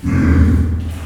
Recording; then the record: squeal of a Yucatan mini pig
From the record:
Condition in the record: after surgery on the right vocal fold (resection and tissue-engineered implant); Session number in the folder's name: 15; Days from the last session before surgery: 175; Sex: female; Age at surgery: 19 weeks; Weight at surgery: 25 kg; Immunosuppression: prednisolone